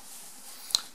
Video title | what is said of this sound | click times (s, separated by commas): Squape Reloaded #74 | quand il rentre on entend un petit clic et on voit un petit clic | 0.8 s